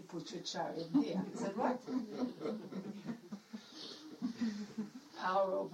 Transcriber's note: laughter